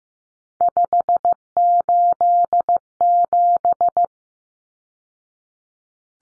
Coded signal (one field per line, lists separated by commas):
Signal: Morse code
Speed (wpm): 15 wpm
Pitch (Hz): 700 Hz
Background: none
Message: 587